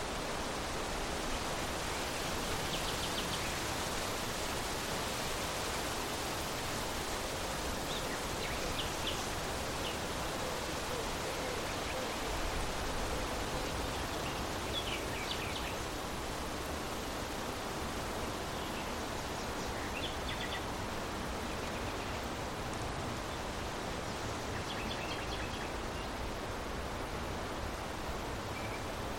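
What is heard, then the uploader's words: Steady wind rushes through tall grass in a dense, even hiss, with faint brief chirps of birds sounding now and then. A gentle breeze blowing through a vast open field. Listen as the rustling of tall grasses and the soft swaying of wildflowers create a peaceful symphony of sound.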